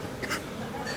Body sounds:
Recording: coughing mixed with background sound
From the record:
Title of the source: 30 Chesty and wet cough

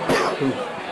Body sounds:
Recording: coughing mixed with background sound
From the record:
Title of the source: Coughing 77

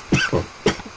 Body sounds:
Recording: coughing mixed with background sound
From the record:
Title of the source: Dry Afternoon Cough

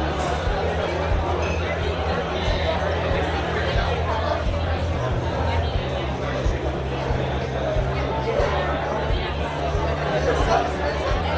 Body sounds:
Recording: background sound without coughing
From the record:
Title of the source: CITY SOUNDS Busy Bar in the Evening Night - 2 HOURS of Ambiance for Relaxation

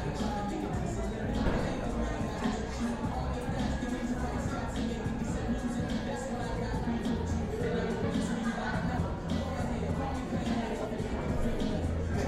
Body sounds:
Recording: background sound without coughing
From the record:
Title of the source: 60 minutes of coffee shop sounds for study and concentration

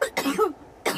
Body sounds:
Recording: coughing mixed with background sound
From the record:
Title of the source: choking, hacking coughing

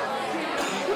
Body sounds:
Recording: coughing mixed with background sound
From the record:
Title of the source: 64 coughing, allergies, singing lungs

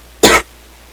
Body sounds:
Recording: coughing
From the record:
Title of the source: 61 morning phlegmy cough...again

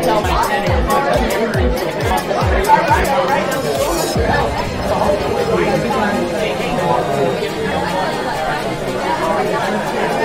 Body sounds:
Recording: background sound without coughing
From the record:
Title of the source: Nightlife Party Simulating Party Club Noise 1 Hour

